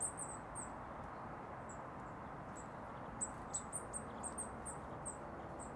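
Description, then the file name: Eurasian blue tit giving thin, very high, short sharp notes repeated at irregular intervals over steady background noise. "Cyanistes caeruleus"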